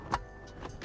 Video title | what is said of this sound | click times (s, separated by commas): My *almost* Dream project car (BMW E36) | So, just nicely clicks into place. | 0.1 s